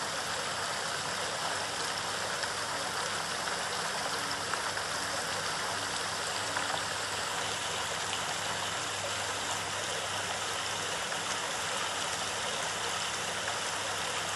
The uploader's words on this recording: Rainy day.